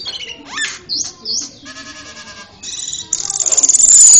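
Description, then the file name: Asian pied starling singing a varied medley of rising squeals, short whistled slurs and a rattling harmonic chatter, ending in a fast loud buzzy pulsed series. "cucak keling"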